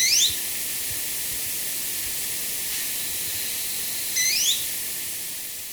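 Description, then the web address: Jet manakin calls: a short high rising sweep at the start and another near the end, thin and quick, over constant hiss. Recorded in Ecuador. "Birds of Ecuador. Jet Manakin"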